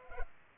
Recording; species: mosquito wingbeat signal from an infrared sensor; Culex pipiens